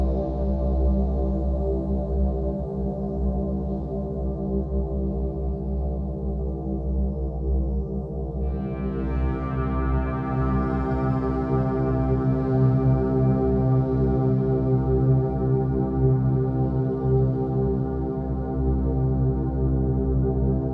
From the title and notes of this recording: Binaural Beats for headache relief.